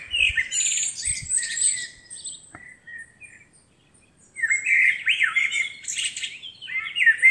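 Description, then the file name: Common blackbird singing warbled phrases with high scratchy twittering, a quiet gap in the middle, then another long run of phrases, with a few low thumps early on. "Turdus merula"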